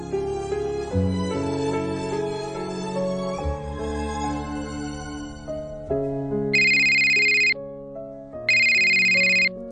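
Over a steady background melody, a telephone rings twice, two loud, high, buzzing bursts about a second long each, separated by a short gap near the end.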